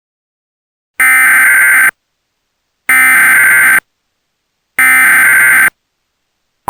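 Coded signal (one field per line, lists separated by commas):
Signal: Emergency Alert System (SAME) tones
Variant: header bursts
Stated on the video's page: Fictional zombie-virus EAS scenario, a recreation.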